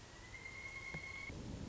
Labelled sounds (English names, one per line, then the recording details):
Pileated Woodpecker
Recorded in Sonoma County, California